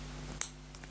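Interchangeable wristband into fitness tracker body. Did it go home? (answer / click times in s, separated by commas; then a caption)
yes / 0.4 s. The plastic end of an interchangeable wristband, with a spring-loaded tab, is pushed into the body of a Fitbit Alta HR fitness tracker. A sharp click at 0.4 s is followed by two faint ticks near 0.8 s over a steady low hum. The strap seats with a click.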